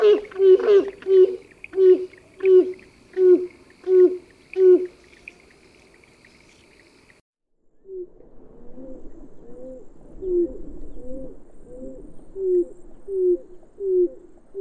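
Bird giving low hooting notes repeated about every seven tenths of a second with sharp high clicks above, a pause, then a softer run of hoots.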